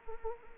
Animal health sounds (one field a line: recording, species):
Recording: mosquito wingbeat signal from an infrared sensor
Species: Anopheles arabiensis